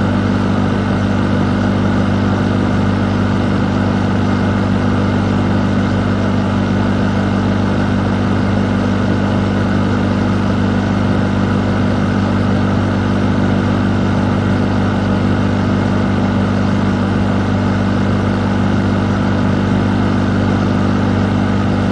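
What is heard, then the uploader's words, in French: A fan runs with a soft, constant whir, steady from start to finish with no changes in level. The sound is full, weighted toward a low hum with a smooth hiss above it, and nothing else is heard. Bruits blancs apaisants d'un ventilateur. Le doux bruit d'un ventilateur.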